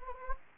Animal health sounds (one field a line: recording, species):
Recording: mosquito wingbeat signal from an infrared sensor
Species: Anopheles gambiae